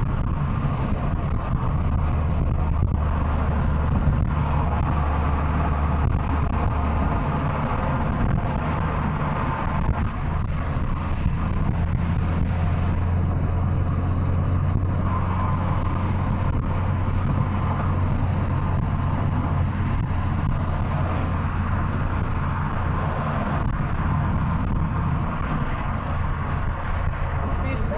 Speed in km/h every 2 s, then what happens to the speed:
87, 84, 85, 87, 92, 95, 101, 105, 104, 102, 99, 96, 95, 91.
0-6 steady at about 85. 6-13 speeds up to 105. 13-28 slows to 91.